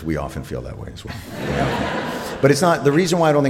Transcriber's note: soundbite of laughter